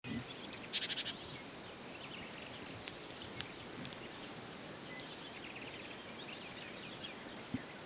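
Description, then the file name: Great tit producing sharp, very high paired notes at intervals, one early buzzy rattle, and scattered single high ticks throughout. "Parus major"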